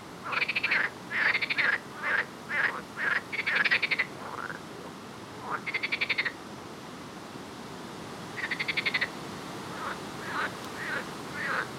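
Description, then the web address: Frog chorus: a dense run of pulsed rattles and chirps at first, then spaced rattling bursts and scattered short chirps. "Soundscape Frog 1"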